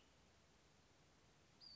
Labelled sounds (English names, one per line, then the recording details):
Western Flycatcher
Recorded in Sonoma County, California